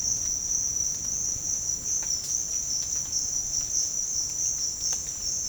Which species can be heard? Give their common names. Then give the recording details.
none. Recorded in dense forest near Puerto Asís, Putumayo, Colombia, on 27 June 2025 at 09:30. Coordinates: 0.481, -76.323. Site G072